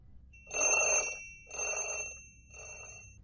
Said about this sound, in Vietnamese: Tiếng chuông đồng hồ báo thức vang lên.